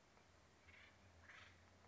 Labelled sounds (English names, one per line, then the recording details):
Acorn Woodpecker
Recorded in Sonoma County, California